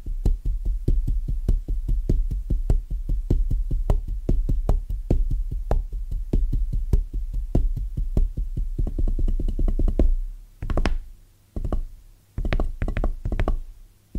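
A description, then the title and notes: Soft, bassy tapping repeats in a fast, steady rhythm for ten seconds, then breaks into sparser, brighter taps with short silences between. ASMR Rhythmic Tapping Bassy & Soft （No Talking）.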